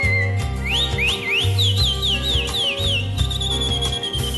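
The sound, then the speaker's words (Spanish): A person whistles a bird-like melody of quick rising and falling swoops, imitating a mockingbird's song, then holds a steady high note, over a low rhythmic musical accompaniment. “Silba la calandria.”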